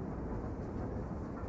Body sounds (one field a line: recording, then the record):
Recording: background sound without coughing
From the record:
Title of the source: Train Ride Ambience ambient white noise for sleeping, focus, studying, reading